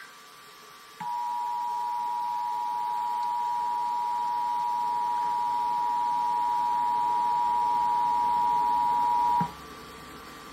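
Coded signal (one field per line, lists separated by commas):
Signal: Emergency Alert System (SAME) tones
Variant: 853 and 960 Hz attention tone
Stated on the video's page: Required monthly test EAS audio containing valid tones capable of activating EAS equipment.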